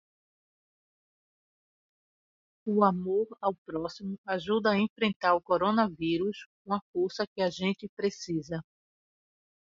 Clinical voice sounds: spoken sentence; Brazilian Portuguese; female; 50 to 59 years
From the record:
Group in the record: control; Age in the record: 55 years

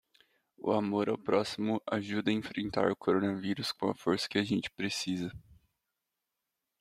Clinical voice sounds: spoken sentence; Brazilian Portuguese; male; 20 to 29 years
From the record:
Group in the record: control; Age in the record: 24 years

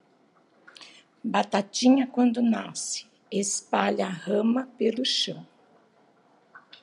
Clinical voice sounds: short text; Brazilian Portuguese; female; 50 to 59 years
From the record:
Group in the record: control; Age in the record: 56 years

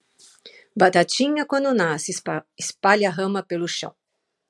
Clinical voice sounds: short text; Brazilian Portuguese; female; 70 to 79 years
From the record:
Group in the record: control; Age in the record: 70 years

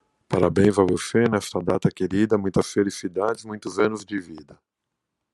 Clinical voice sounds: short text; Brazilian Portuguese; male; 40 to 49 years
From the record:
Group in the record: control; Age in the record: 49 years

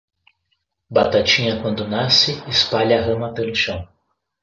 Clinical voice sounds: short text; Brazilian Portuguese; male; 20 to 29 years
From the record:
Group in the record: control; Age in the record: 26 years

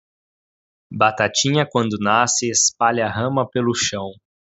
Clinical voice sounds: short text; Brazilian Portuguese; male; 20 to 29 years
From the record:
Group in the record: control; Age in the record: 21 years

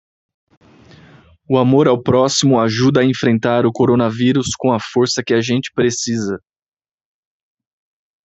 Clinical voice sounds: spoken sentence; Brazilian Portuguese; male; 30 to 39 years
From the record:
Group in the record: control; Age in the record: 31 years

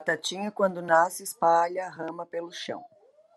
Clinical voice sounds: short text; Brazilian Portuguese; female; 40 to 49 years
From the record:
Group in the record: control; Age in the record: 44 years

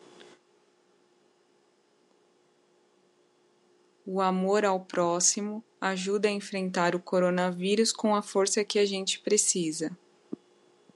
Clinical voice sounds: spoken sentence; Brazilian Portuguese; female; 30 to 39 years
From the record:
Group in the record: control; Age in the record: 36 years

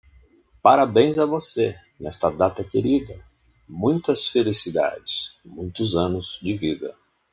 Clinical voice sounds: short text; Brazilian Portuguese; male; 60 to 69 years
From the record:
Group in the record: control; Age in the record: 68 years

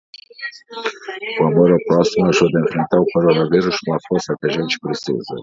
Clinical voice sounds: spoken sentence; Brazilian Portuguese; male; 70 to 79 years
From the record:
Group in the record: control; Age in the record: 72 years

